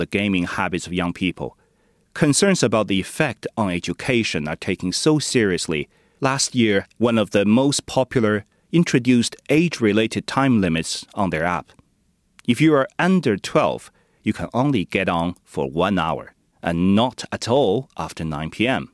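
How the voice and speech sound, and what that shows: A man reads a news item on gaming time limits in clear, fluent, evenly paced speech with ordinary voice.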